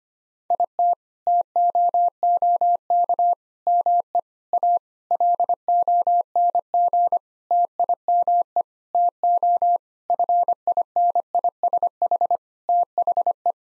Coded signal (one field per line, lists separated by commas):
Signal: Morse code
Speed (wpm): 25 wpm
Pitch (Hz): 700 Hz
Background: none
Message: IT TOOK ME A LONG TIME TO FINISH THE